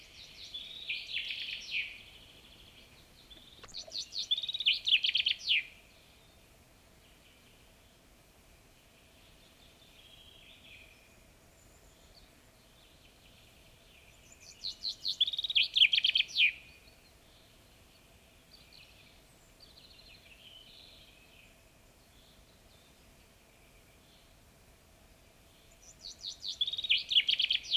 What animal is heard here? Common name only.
Common Chaffinch